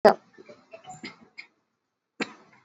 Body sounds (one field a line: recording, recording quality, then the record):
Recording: shallow voluntary cough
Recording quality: poor, much background noise or distortion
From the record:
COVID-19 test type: RT-PCR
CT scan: not taken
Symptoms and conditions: cough, cold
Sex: male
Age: 21 years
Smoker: no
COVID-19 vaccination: both doses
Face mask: worn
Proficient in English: yes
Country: India